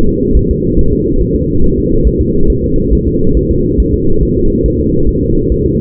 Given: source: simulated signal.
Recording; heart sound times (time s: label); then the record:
fetal heart sounds
0.09 s: S2
0.37 s: S1
0.51 s: S2
0.79 s: S1
0.93 s: S2
1.21 s: S1
1.36 s: S2
1.64 s: S1
1.78 s: S2
2.07 s: S1
2.21 s: S2
2.50 s: S1
2.64 s: S2
2.93 s: S1
3.07 s: S2
3.37 s: S1
3.51 s: S2
3.80 s: S1
3.94 s: S2
4.23 s: S1
4.37 s: S2
4.66 s: S1
4.80 s: S2
5.09 s: S1
5.23 s: S2
5.52 s: S1
5.66 s: S2
From the record:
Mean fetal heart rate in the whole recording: 140 bpm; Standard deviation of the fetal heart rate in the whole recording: 2 bpm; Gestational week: 34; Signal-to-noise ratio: -17.7 dB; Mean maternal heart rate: 72 bpm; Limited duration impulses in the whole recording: present